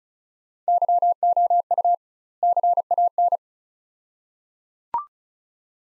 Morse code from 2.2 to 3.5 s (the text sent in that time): CAN